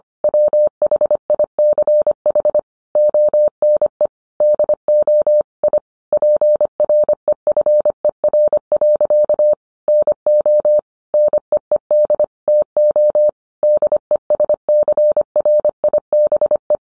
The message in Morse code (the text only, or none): WHICH ONE DO I PREFER. NO NEED TO DESCRIBE